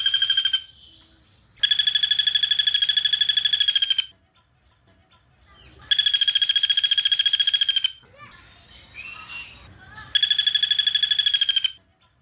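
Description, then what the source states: Streaked spiderhunter giving three long bursts of fast, strident repeated notes after the end of an earlier one, with soft chatter in one of the gaps between them. Singing vigorously with a clear, long song, used to tutor cage birds.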